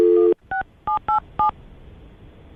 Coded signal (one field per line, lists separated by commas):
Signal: DTMF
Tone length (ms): 120 ms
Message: 16787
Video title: 2 hours awkward Tuesday phone call